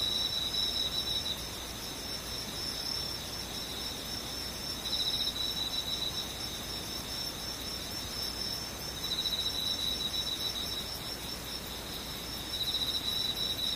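Insects trill in a dense, continuous high chorus, with bright steady buzzing tones that swell in waves roughly every four seconds, at about 0–1, 5–7, 9–11 and 12–14 seconds. Beneath them runs a soft, even hiss of low rumbling noise.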